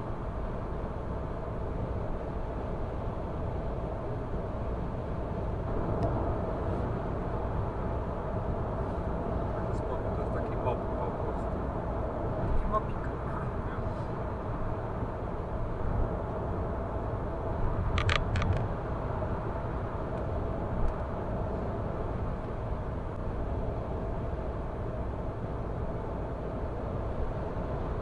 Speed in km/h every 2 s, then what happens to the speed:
106, 106, 106, 106, 106, 106, 106, 106, 105, 105, 105, 106, 106, 106.
0-28 steady at about 106.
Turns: none.